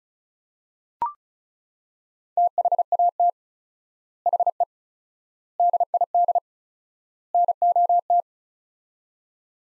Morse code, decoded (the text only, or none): THAT HE DID NOT